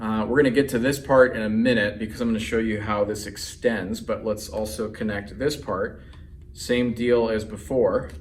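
A scrubber extension pole section is being handled and lined up to connect into the handle of a kHelfer Electric Spin Scrubber, while someone talks throughout. No snap is heard, and nothing has seated or clicked yet by the end.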